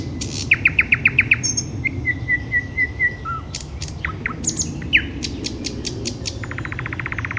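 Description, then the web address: Nightingale song with rapid repeated notes, level whistled pipes and sharp downslurs, ending in a very fast dry rattle; low background noise. "soud solovejj"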